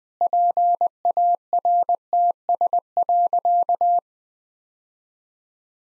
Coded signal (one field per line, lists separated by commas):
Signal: Morse code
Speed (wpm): 21 wpm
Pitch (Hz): 700 Hz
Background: none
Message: PARTS.